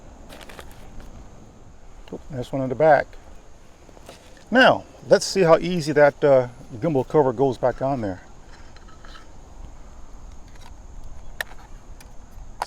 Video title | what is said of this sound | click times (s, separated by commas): DJI Mini 4 Pro Fly More Combo PLUS Unboxing - Maiden Flight - 4K Footage | snaps right into place that's easy easier than | 11.4 s, 12.6 s